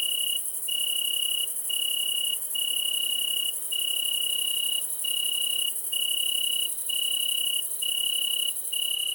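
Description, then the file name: Italian tree cricket song of sustained pure trills with brief, slightly irregular breaks, accompanied throughout by a continuous shrill high hiss. With a great green bush-cricket at Le Puech, Cantal, France. "grillon-d Italie-et-grande-sauterelle-verte-Le-Puech-Cantal"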